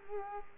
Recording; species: mosquito wingbeat signal from an infrared sensor; Culex quinquefasciatus